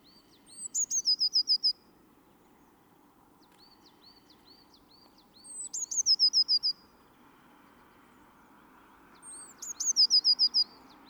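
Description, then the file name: Eurasian blue tit repeating its song three times, each a high note and a quick trill, with soft ticking notes between. "Cyanistes caeruleus"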